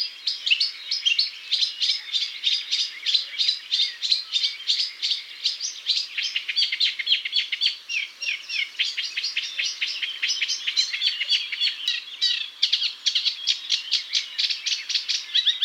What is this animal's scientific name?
Acrocephalus scirpaceus